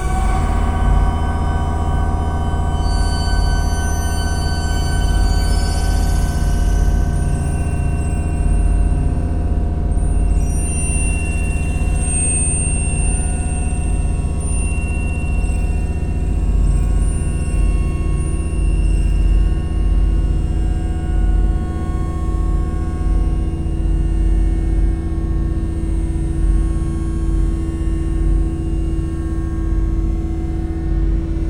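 A synthesized drone holds steady, built from layered low tones that hum continuously with a rumbling, engine-like weight. Thin high whistling tones drift in and out over the first ten seconds, then a faint bright line lingers while the low bed stays constant.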